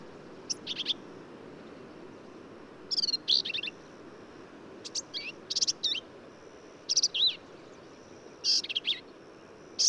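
Black-capped vireo song: several separate phrases of scratchy buzzes and thin slurred whistles with short pauses between, over a steady hiss.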